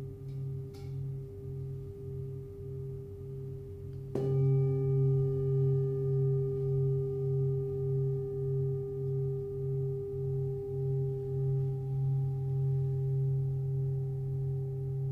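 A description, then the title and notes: A sound bath of sustained bowl tones hums in overlapping low and mid pitches, with a steady pulsing beat in the lowest tone. Near four seconds a new bowl is struck, and the combined ring swells louder and keeps sounding evenly through the end. Sound Bath. These recordings were recorded one evening in Lai Chi Kok. In this recording she moves with the bowl around the room striking it at every breath. As she slowly swipes the rim of the bowls the pulsating sound draws you deep.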